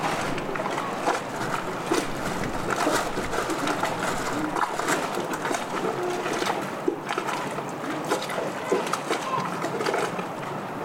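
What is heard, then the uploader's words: Water laps steadily against boats in a harbour, a dense busy wash with brief clinks and faint voices murmuring in the distance. Stormy Harbour Ambiance | City of Bristol. This field recording soundscape captures the vibrant ambiance of a stormy harbor.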